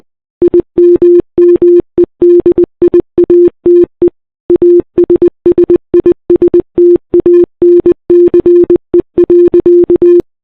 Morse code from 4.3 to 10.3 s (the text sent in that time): ASSISTANCE.